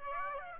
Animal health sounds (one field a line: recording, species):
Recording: mosquito wingbeat signal from an infrared sensor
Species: Aedes aegypti